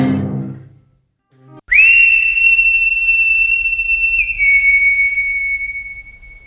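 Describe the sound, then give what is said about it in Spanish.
A civil guard's whistle gives one long, loud, shrill blast lasting about five seconds, marking the hour for the village, holding a steady high pitch that dips slightly near the end before fading out. “La pitada del guardia civil lo pone en hora al pueblo.”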